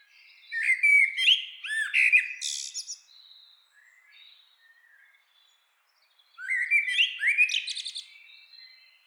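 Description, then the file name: Eurasian blackbird singing two full phrases: deep melodious whistles rising into thin, high chattering endings, separated by a few seconds of quiet with faint notes. "Turdus merula"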